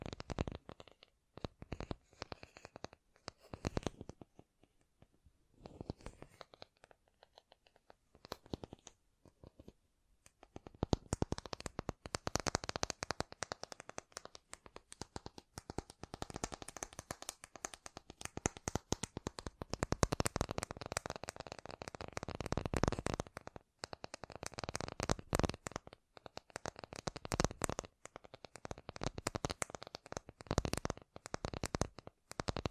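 Fast tapping sounds, dense clusters of sharp clicks running almost the whole time with short gaps. The first ten seconds are sparser and softer, then the tapping grows louder and busier, with a few pauses near 20 and 27 seconds.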